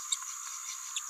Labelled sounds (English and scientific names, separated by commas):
Green-rumped Parrotlet (Forpus passerinus) babbling